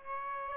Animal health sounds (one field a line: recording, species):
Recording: mosquito wingbeat signal from an infrared sensor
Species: Aedes aegypti